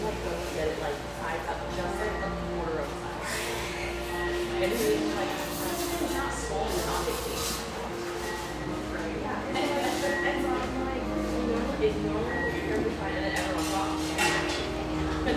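Cafe murmur of overlapping conversation runs steadily throughout, with a low constant hum, occasional clinks of dishes, and brief tonal beeps.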